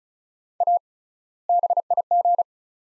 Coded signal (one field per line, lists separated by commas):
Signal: Morse code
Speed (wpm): 36 wpm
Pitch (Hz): 700 Hz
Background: none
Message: A BIG